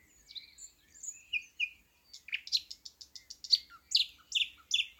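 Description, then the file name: Thrush nightingale song: varied whistled and churring notes followed by a fast series of sharp clicks and loud rasping notes. "thrush nightingale - luscinia luscinia"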